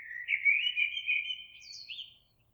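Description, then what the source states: Eurasian blackbird song phrase, loud and flowing, with low fluted notes giving way to a brief high scratchy twitter before silence. Recorded 26 April 2022.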